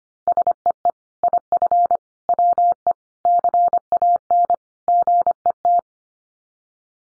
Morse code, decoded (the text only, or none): SEE IF WE CAN GET